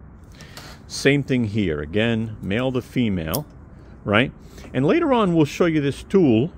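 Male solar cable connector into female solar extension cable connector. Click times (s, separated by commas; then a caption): 0.6 s. A male plastic solar cable connector is pushed all the way into a female plastic solar extension cable connector, leaving no gap, and latches with a click at 0.6 s. Someone talks through the rest of the clip.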